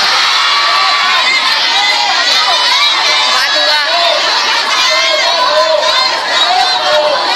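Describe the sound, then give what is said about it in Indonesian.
A large crowd at a maulid gathering beside Kalimalang shouts back at the speaker all at once in a loud, continuous roar of overlapping voices, with higher children's cries rising through the sustained din. “Pada teriak pakai sepatu itu pakai sendal.”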